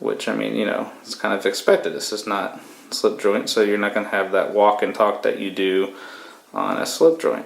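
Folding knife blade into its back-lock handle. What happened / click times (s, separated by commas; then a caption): No seating click yet; the part has not locked / none. Someone talks while handling a GEC #83 Tascosa lockback folding knife, whose blade opens into its handle until the steel back lock engages. No snap is heard, and the blade has not yet seated or clicked into its locked position.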